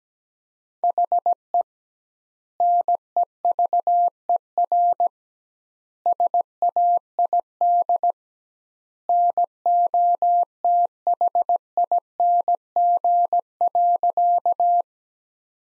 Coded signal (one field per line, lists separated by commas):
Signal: Morse code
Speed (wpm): 17 wpm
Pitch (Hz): 700 Hz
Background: none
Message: HE NEVER SAID NOTHING.